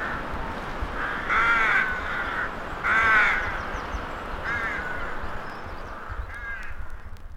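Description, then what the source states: Crow cawing, four harsh, ragged caws spaced about one and a half seconds apart, the first two loudest, over steady hiss and crackle. Crows in a horror-themed graveyard atmosphere.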